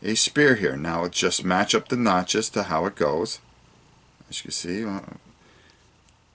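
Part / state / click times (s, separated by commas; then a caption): plastic spear piece into miniature figure / seated / 6.1 s. A plastic spear piece is lined up by its notches and pressed into a plastic miniature figure while someone talks. After a quieter stretch, a short, sharp click at 6.1 s marks the spear snapping into place, easily seated.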